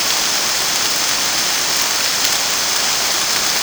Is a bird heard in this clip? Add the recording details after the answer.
no. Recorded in dense forest near Puerto Asís, Putumayo, Colombia, on 30 June 2025 at 15:00. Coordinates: 0.486, -76.317. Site G065